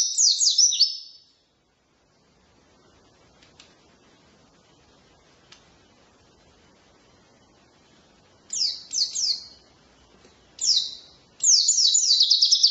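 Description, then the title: White-eye song: a short high twitter, a long quiet gap, then several rapid bursts of sharp descending chirps and a fast trill. Wild white-eye (pleci ngalas) singing 'isian' filling song, used as a tutor recording for training songbirds (masteran). "mster Mnuk. Pleci ngalas isian untuk masteran"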